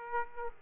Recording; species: mosquito wingbeat signal from an infrared sensor; Aedes aegypti